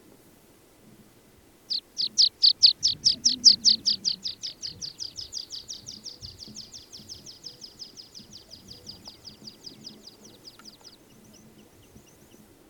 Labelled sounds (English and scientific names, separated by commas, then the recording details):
Water Pipit (Anthus spinoletta) song
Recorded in the wild
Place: Sibiu, Mountain, Transilvania, RO
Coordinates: 45.803, 24.145
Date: 1976-05-21 07:45
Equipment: Nagra III BH, Sennheiser MD 21, parabola
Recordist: Schubert, Michael
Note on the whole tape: Gesang Bergpieper, sehr dicht